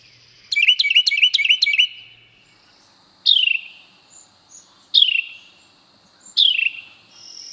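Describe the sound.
Carolina wren song: a quick burst of four or five loud repeated rolling phrases, followed by three separate sharp downslurred notes about one and a half seconds apart.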